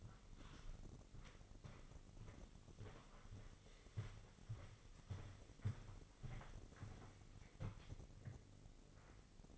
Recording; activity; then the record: daily activity, microphone in the room; walk to room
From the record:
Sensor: 4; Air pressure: 996.3 hPa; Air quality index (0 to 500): 84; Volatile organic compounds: 4 ppm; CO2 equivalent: 1608 ppm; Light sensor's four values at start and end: 19/52/20/21 and 18/49/19/20